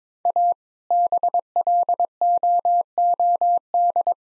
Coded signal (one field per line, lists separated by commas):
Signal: Morse code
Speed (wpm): 22 wpm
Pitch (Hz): 700 Hz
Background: none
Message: A BLOOD